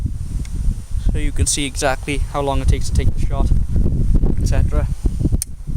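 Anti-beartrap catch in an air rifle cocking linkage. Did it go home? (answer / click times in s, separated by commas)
yes / 5.4 s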